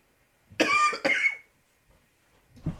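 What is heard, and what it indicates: Two harsh coughs in quick succession from a sick adult man speaking on a radio microphone, then a faint breath.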